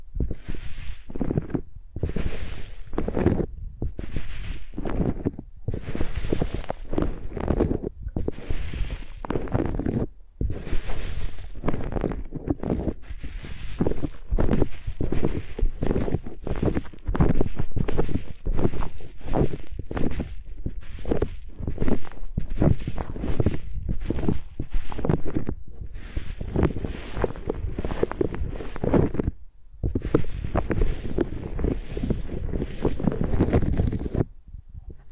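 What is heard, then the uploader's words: Microphones are used like pencils, rubbed and dragged across a surface in quick, rough strokes. The scraping comes in dense bursts separated by brief silences, heavy and rumbling underneath with a thin hiss on top, and it keeps an uneven rhythm throughout. Using Mics as Pencils (No Talking).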